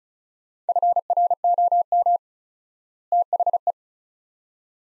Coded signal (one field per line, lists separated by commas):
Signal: Morse code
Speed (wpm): 36 wpm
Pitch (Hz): 700 Hz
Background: none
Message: FROM THE